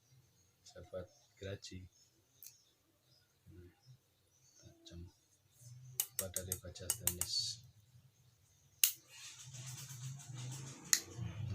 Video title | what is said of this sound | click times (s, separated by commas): Unboxing Paketan 3 Sekaligus | Udah ngunci, yang ini kan kuncinya di sini. | 8.8 s, 10.9 s